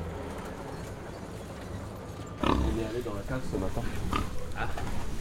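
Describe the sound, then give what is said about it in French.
A pig grunts repeatedly in short, rough bursts, starting abruptly partway through and continuing over a steady low background murmur, with what sounds like voices mixed in. “Une porte mal fermée égale cochon dehors.”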